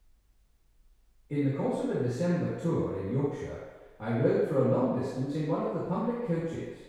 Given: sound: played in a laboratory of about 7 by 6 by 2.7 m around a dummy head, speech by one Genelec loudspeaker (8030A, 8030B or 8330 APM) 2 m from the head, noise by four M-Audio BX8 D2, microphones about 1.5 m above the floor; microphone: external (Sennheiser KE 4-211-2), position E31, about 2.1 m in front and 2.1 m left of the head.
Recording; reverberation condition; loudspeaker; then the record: male speech in English; high; 60 degrees to the left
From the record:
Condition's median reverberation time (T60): about 1300 ms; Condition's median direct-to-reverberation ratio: about -4.0 dB